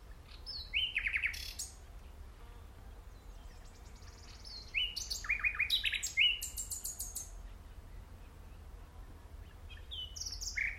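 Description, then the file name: Common nightingale song: varied phrases of rich whistles, rapid rattling trills and sharp clicks, separated by short pauses, over a low steady background rumble. "Luscinia megarhynchos"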